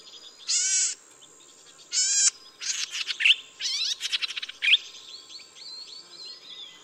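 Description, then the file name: Golden-headed cisticola calls: harsh buzzy rasping bursts, then a quick series of clicking, ticking notes, followed by faint thin whistles over steady background hiss. "黃頭扇尾鶯"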